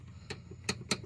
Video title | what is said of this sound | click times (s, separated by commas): Honda Pilot rear shocks replacement. | you hear that click there | 0.7 s, 0.9 s